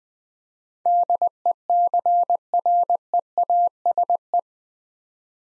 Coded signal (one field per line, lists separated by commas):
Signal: Morse code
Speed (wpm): 20 wpm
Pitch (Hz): 700 Hz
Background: none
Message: DECREASE